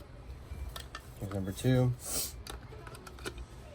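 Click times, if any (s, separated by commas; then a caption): none. The second plastic end cap is being handled and fitted toward the other end of a Sony SRS-XB43 Bluetooth speaker housing during a battery replacement. Someone talks over a few light handling ticks around 0.8, 1.0, 2.5, 2.9, 3.1 and 3.2 s. Nothing has snapped or seated yet.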